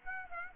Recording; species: mosquito wingbeat signal from an infrared sensor; Aedes aegypti